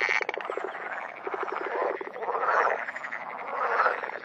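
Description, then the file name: Water frog giving a quick train of clicking, pulsed croaks at the start, then a dense, churning chorus of overlapping frog calls. "grenouille verte"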